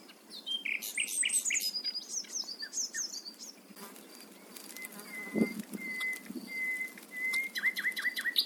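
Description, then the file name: Common nightingale in song: a rich varied phrase of chirps and whistles, then after a pause a series of clear level whistles and falling notes. "Luscinia megarhynchos"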